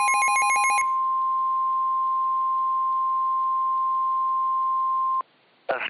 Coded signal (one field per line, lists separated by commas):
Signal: Emergency Alert System (SAME) tones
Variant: 1050 Hz attention tone